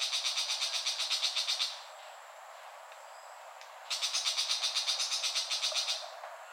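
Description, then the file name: Tiger shrike giving a harsh, rapid chatter of clicking notes in two bursts separated by a pause, over steady background hiss. "Lanius tigrinus call"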